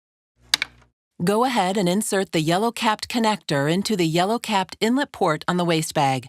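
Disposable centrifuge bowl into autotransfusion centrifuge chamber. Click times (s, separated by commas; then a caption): 0.5 s. A disposable plastic centrifuge bowl is pressed down and turned clockwise in the centrifuge chamber of an autoLog IQ autotransfusion system, and it locks with a sharp click at 0.5 s. The bowl is seated, and then someone talks.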